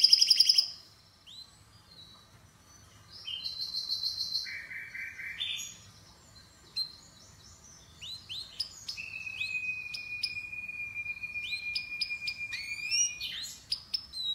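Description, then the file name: Canary song opening with a loud bright trill, then softer varied phrases, a steady drawn-out whistle held for several seconds, and sharp upslurred notes. "Canary Voice"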